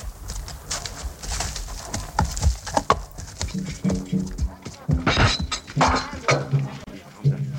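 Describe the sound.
Horse hooves clip-clop in a steady, uneven rhythm of sharp hollow knocks, fairly loud throughout, with a murmuring voice and some bird cooing joining partway through.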